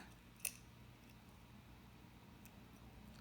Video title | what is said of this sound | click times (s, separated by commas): Creating an Acrylic Keychain using Marabu Easy Marble | that connector part and I push until I hear a snap | 0.4 s